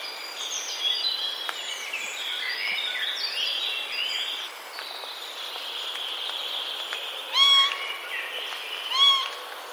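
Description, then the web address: Eurasian jay: two short, nasal, mewing calls near the end, over a steady chorus of high twittering songbirds. Recorded 30 March 2021. "wroblowe ostrzegator sojka 30 03 2021"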